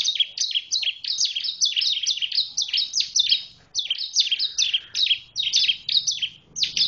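Bar-winged prinia song: a fast run of sharp, high chirping notes, each dropping in pitch, repeated several times a second with brief pauses.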